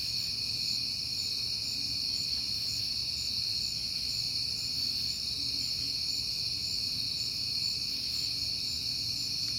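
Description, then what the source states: Crickets sing in a dense, high-pitched, even drone, with soft low rumbling beneath it. Crickets recorded on a peaceful night in September.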